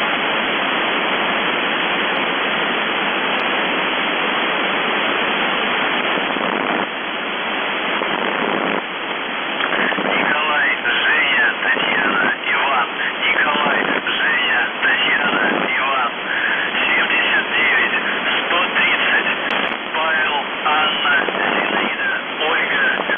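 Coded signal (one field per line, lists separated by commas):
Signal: numbers station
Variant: UVB-76, Russian voice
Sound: a voice reading a message, barely intelligible through loud hissing shortwave static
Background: heavy radio static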